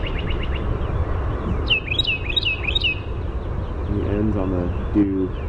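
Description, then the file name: Carolina wren song, a few short notes, then several loud rolling phrases in a row, followed by low, stepped, nasal calls from another animal. "CARW song"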